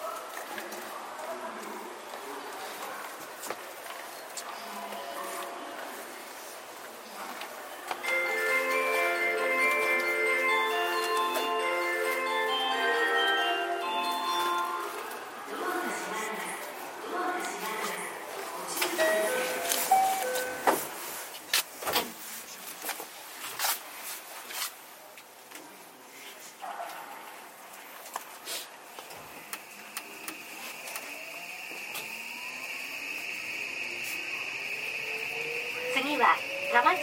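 A JR 323 series train runs under a steady rumble, with a stepped, buzzing motor tone from about 8 to 16 seconds. Sharp clicks and knocks cluster around 20 seconds, then a high steady whine and a rising tone build to the end.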